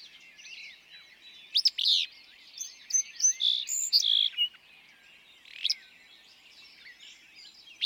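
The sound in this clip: Willow flycatcher's sharp, buzzy two-note song heard early and again later, while another bird sings a run of clear whistled notes in between.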